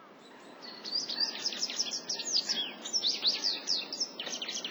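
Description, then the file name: Japanese wagtail calls, rapid twittering series of high buzzy chirps running almost continuously over faint background noise. Recorded at Hirano, Nasu, Japan, on 12 March 2009. "seguroseki nasu hirano"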